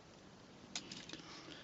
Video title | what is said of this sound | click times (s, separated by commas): Transformers G1 Decepticon Tripple Changers ASTROTRAIN , BLITZWING and OCTANE Review | s click into place there we go was same WR | 0.8 s